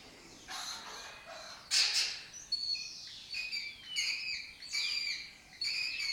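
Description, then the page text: Lesser kestrel calls: harsh, raspy bursts layered with several overlapping high chattering notes, some sliding downward, with a constant faint hiss behind. Breeding colony in an abandoned building complex, Doñana, southern Europe; migratory species that forages in West Africa. "Lesser Kestrels Took Over an Abandoned Building. Here in Doñana"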